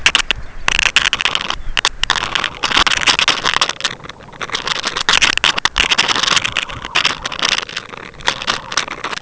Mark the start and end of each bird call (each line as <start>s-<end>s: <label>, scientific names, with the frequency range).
0.36s-0.65s: Calcarius lapponicus (2.6-5.0 kHz)
1.56s-1.75s: Calcarius lapponicus (2.8-4.0 kHz)